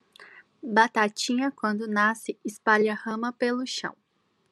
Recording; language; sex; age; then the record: short text; Brazilian Portuguese; female; 20 to 29 years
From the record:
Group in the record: control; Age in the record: 26 years